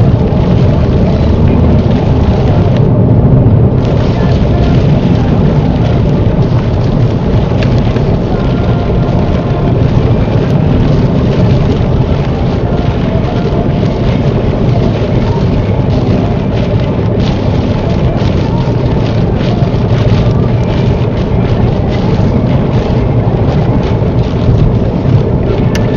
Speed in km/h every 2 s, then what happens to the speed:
79, 76, 71, 72, 71, 71, 72, 69, 71, 72, 74, 72, 74.
0-7 slows to 71. 7-26 steady at about 72.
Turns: none.